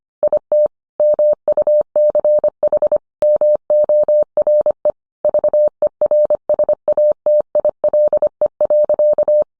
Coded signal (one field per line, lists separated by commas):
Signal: Morse code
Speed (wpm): 25 wpm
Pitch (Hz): 600 Hz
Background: none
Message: IT MUCH MORE VERSATILE.